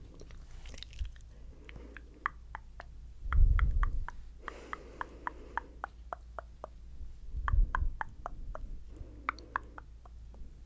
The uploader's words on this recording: ASMR Tingly Hand Movements & Tongue Clicking.